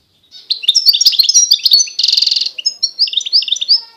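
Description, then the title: European goldfinch song, a continuous run of tinkling, twittering high notes with a brief buzzy rattle midway, then more liquid chirps. Wild bird. "اجمل غناءالحسون الخلويchant chardonneret sauvage"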